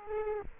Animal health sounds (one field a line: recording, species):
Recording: mosquito wingbeat signal from an infrared sensor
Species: Aedes aegypti